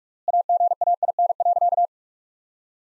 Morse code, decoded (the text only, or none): AGAIN.